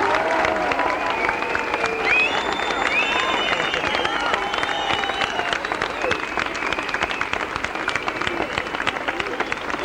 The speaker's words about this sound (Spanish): Un fuerte aplauso